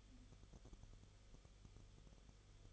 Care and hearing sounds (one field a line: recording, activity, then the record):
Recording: daily activity, microphone in the room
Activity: no activity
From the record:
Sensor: 4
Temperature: 22.9 degrees Celsius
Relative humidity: 34.4%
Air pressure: 1011.5 hPa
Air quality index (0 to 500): 193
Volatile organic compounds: 13 ppm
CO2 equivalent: 2388 ppm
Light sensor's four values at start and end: 2/3/1/1 and 2/3/1/1